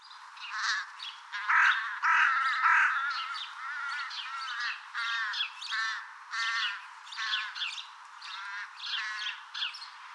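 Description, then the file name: Carrion crow giving harsh, raspy caws in quick succession, many calls with little pause throughout. "Corvus corone"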